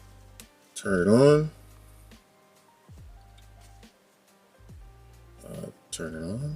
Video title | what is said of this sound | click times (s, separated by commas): The action camera that shook the Action cam world *Must watch* | I like this stuff man this stuff is you know and then you just close it back get that nice little snap sound | 0.4 s